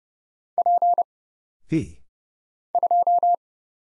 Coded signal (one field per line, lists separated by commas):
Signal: Morse code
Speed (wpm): 30 wpm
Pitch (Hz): 700 Hz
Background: none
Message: P 2